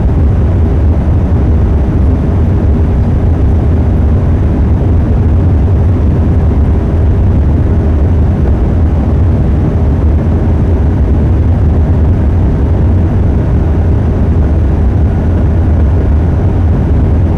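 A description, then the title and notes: An aircraft at takeoff at SJC gives a steady, heavy roar that holds for the whole stretch without building or fading. The sound is mostly deep and rumbling, with a thinner hiss above it and a faint sustained tone running through the middle. Takeoff At SJC.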